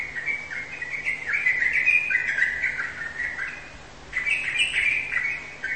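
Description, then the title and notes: Bird song: nearly continuous rapid warbling with quick chirps and slurred notes, a brief pause, then another lively twittering run; faint low hum throughout. "Kicau Burung Lengkap"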